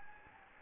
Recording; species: mosquito wingbeat signal from an infrared sensor; Anopheles gambiae